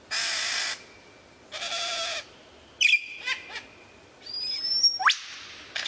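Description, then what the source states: Lyrebird song: two harsh noisy buzzes and a few clicks, then a long high whistle ending in a steep upward sweep. Song variations.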